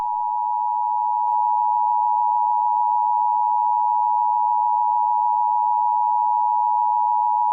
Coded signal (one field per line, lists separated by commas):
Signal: Emergency Alert System (SAME) tones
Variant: 853 and 960 Hz attention tone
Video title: Koopas Part 1 - Tt inc. Original Video Game EAS Mock